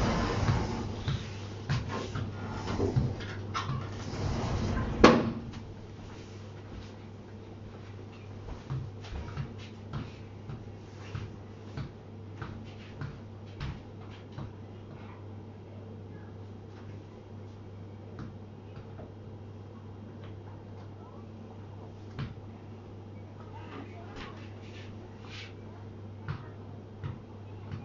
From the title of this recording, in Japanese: 生活音